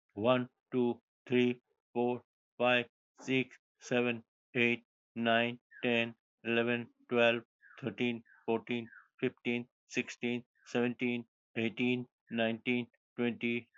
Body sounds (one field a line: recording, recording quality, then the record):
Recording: counting at a normal pace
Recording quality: excellent, no background noise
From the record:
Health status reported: exposed to COVID-19, no respiratory illness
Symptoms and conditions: muscle pain, hypertension, diabetes, ischaemic heart disease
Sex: male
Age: 70 years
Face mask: not worn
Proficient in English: yes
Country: India